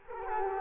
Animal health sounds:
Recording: mosquito wingbeat signal from an infrared sensor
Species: Culex quinquefasciatus

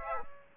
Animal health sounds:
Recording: mosquito wingbeat signal from an infrared sensor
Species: Aedes aegypti

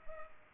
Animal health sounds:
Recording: mosquito wingbeat signal from an infrared sensor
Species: Culex pipiens

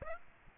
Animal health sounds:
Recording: mosquito wingbeat signal from an infrared sensor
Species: Aedes aegypti

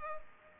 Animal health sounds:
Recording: mosquito wingbeat signal from an infrared sensor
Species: Culex pipiens

